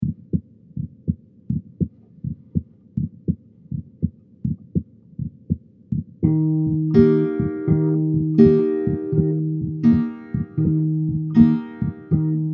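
Steady, regular lub-dub heartbeat of an adult, clear against a quiet background for about six seconds. Soft sustained musical tones then enter and continue over the beat to the end, a heartbeat blended with music, as used in music therapy.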